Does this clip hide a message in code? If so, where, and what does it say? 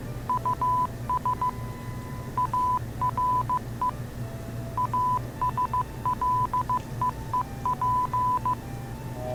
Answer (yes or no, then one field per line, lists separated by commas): yes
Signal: Morse code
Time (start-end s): 0.3-8.5 s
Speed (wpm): 15 wpm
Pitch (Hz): 1000 Hz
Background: none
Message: US ARE ASLEEP